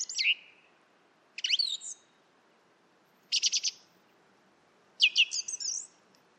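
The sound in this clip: Song thrush delivering four distinct phrases, swooping whistles, a rapid rattling trill and a twisting whistled figure, over a faint steady background hiss.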